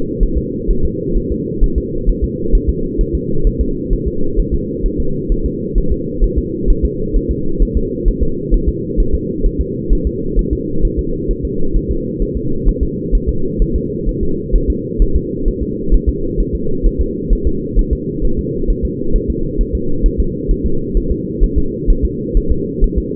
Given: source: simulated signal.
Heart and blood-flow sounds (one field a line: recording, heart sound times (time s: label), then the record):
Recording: fetal heart sounds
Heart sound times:
0.23 s: S1
0.38 s: S2
0.71 s: S1
0.85 s: S2
1.17 s: S1
1.32 s: S2
1.64 s: S1
1.78 s: S2
2.09 s: S1
2.24 s: S2
2.55 s: S1
2.69 s: S2
3.01 s: S1
3.15 s: S2
3.47 s: S1
3.61 s: S2
3.93 s: S1
4.07 s: S2
4.39 s: S1
4.54 s: S2
4.86 s: S1
5.00 s: S2
5.32 s: S1
5.46 s: S2
5.78 s: S1
5.92 s: S2
6.24 s: S1
6.38 s: S2
6.70 s: S1
6.85 s: S2
7.17 s: S1
7.31 s: S2
7.62 s: S1
7.77 s: S2
8.08 s: S1
8.23 s: S2
8.54 s: S1
8.69 s: S2
9.00 s: S1
9.14 s: S2
9.46 s: S1
9.61 s: S2
9.93 s: S1
10.07 s: S2
10.39 s: S1
10.53 s: S2
10.85 s: S1
10.99 s: S2
11.31 s: S1
11.45 s: S2
11.76 s: S1
11.91 s: S2
12.22 s: S1
12.37 s: S2
12.69 s: S1
12.83 s: S2
13.15 s: S1
13.29 s: S2
13.62 s: S1
13.76 s: S2
14.09 s: S1
14.23 s: S2
14.56 s: S1
14.70 s: S2
15.02 s: S1
15.16 s: S2
15.48 s: S1
15.63 s: S2
15.94 s: S1
16.09 s: S2
16.40 s: S1
16.55 s: S2
16.87 s: S1
17.01 s: S2
17.33 s: S1
17.47 s: S2
17.79 s: S1
17.93 s: S2
18.25 s: S1
18.39 s: S2
18.70 s: S1
18.85 s: S2
19.16 s: S1
19.30 s: S2
19.61 s: S1
19.75 s: S2
20.06 s: S1
20.20 s: S2
20.51 s: S1
20.66 s: S2
20.97 s: S1
21.12 s: S2
21.44 s: S1
21.58 s: S2
21.90 s: S1
22.05 s: S2
22.37 s: S1
22.51 s: S2
22.84 s: S1
22.98 s: S2
From the record:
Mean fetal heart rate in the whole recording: 130 bpm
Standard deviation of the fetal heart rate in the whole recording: 4 bpm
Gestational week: 38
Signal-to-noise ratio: -8.1 dB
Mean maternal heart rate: 72 bpm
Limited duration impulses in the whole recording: absent